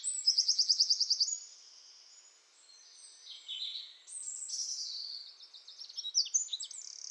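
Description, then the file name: Eurasian wren song, a fast repeated high trill at the start, then a lull and a further run of rattling, twittering high notes. "Troglodytes troglodytes"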